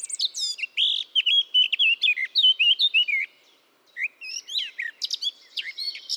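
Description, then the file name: Eurasian blackcap warbling in quick, mellow, slurred notes, a short pause, then a second lively phrase with higher squeaky notes. "Sylvia atricapilla"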